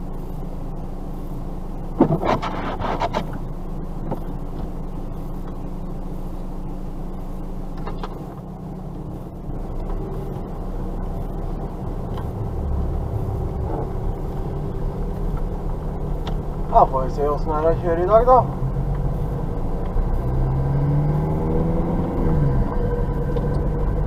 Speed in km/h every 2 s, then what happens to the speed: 0, 0, 0, 0, 0, 0, 1, 1, 7, 14, 21, 26.
0-15 standing. 15-24 pulls away to 26.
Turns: none.